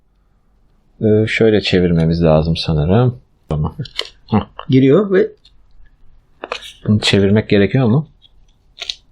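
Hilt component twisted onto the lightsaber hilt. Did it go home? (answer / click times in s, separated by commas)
yes / 8.8 s, 8.9 s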